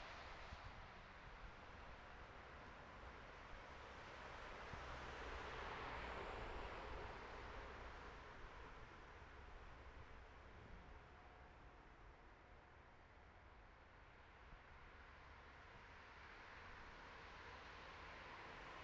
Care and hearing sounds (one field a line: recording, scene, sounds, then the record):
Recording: everyday scene through a hearing-aid microphone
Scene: in traffic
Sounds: traffic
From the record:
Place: bus stop on a city main road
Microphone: behind the ear, right, rear